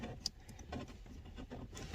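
A yellow wire connector is pushed onto the blower motor resistor terminal where the light blue wire was, on a 2005-or-later Chevy Aveo/Optra AC system. A sharp click at 0.3 s marks the connector seating, followed by softer handling knocks and rustles. The connector is seated.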